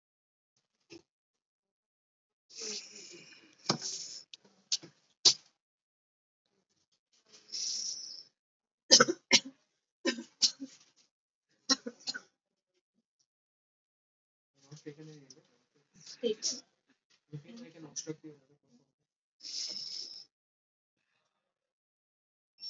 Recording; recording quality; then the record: deep breathing; moderate, slight background noise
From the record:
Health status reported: COVID-19 positive, mild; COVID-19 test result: positive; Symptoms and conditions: none ticked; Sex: female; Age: 37 years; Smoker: not ticked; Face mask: worn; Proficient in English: yes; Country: India